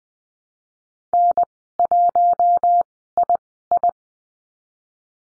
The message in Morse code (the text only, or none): N1II